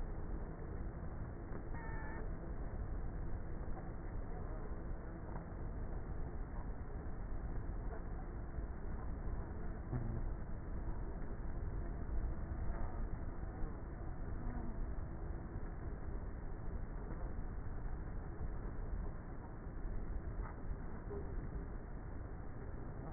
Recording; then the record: honeybee colony, microphone inside the hive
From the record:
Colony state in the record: queenless with a low population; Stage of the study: before two queens were removed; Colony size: about 30,000 bees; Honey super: no